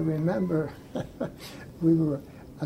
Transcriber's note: laughs